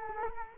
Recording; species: mosquito wingbeat signal from an infrared sensor; Culex quinquefasciatus